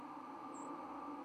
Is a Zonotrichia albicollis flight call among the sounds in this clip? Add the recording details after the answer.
yes. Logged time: 10:42 on 31 October 2014